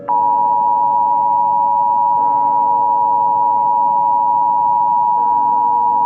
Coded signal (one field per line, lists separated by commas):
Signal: Emergency Alert System (SAME) tones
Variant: 853 and 960 Hz attention tone